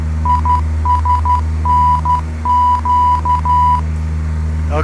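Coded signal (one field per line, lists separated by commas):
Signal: Morse code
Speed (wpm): 12 wpm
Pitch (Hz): 990 Hz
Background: speech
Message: ISNQ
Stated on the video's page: ILS runway Morse identifiers heard in Microsoft Flight Simulator on a Cessna with Garmin 500.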